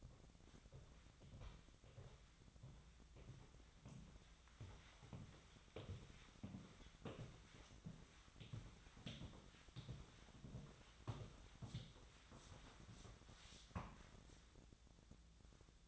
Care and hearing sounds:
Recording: daily activity, microphone in the room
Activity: walk to room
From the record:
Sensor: 3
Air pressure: 1010.1 hPa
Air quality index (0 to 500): 182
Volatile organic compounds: 13 ppm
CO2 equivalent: 2380 ppm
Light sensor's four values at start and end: 43/107/46/50 and 40/99/43/47

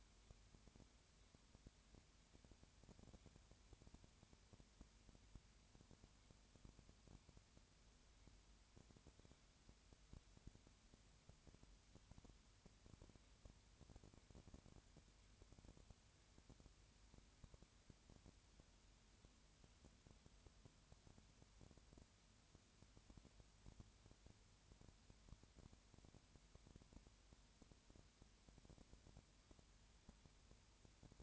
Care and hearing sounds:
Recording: daily activity, microphone in the room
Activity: no activity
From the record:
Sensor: 2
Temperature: 20.4 degrees Celsius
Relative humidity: 35.6%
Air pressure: 1007.1 hPa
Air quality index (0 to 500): 122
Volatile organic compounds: 2 ppm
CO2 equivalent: 1253 ppm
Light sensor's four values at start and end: 2/3/2/2 and 2/3/2/2

